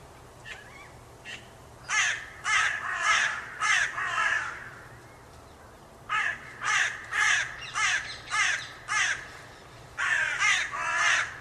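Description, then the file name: Carrion crow cawing in three bursts of hoarse, grating calls, the first two of about six caws each and the last of about three, cut off at the end, separated by short pauses. "Corvus corone"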